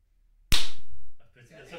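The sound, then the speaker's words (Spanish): A single sharp hand clap, made at a set second on the clock to line up two separate audio recordings, breaks the silence, loud and crisp with a brief ringing tail, and faint voices begin murmuring just after it fades. “Alguno de ustedes aplauda en y 30 segundos.”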